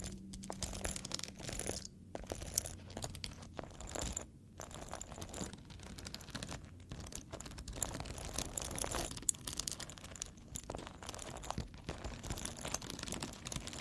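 Foam being squeezed and rubbed in dense, crinkly crunching bursts with brief gaps near 2, 4.5 and 6.5 seconds, plus a low hum early.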